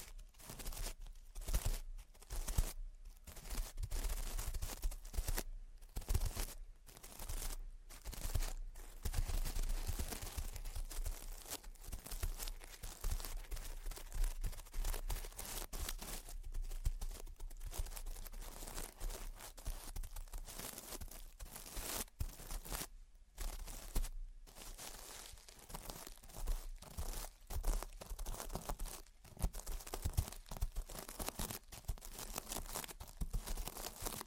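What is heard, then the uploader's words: Gentle tapping and scratching with a crinkly, papery texture, broken by brief pauses early on, then continuing steadily and densely throughout. Gentle Tapping and Scratching. (No Talking).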